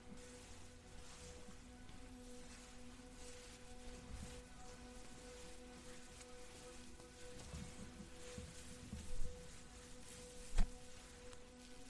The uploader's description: hair brushing, soapy goodness, and some soothing background music